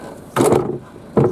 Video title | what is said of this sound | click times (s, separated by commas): CITROEN BERLINGO 1.6 HDI PLUS MULTISPACE MPV FOR SALE AT HUT GREEN GARAGE | it just lifts up clicks into place there | 0.4 s